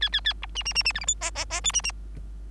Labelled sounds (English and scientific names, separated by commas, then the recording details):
Bengalese Finch (Lonchura striata domestica) song
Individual Bird3